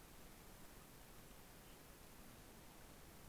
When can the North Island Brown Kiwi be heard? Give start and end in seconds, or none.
none